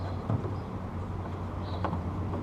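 A door lock key cylinder is handled at the metal door of a 2002 Chevy S10 truck before being pushed forward so its small spring retaining catch can snap into place. A steady low hum runs throughout, with a few faint knocks and one brief sharp tap at about 1.9 s. Nothing has seated or clicked yet.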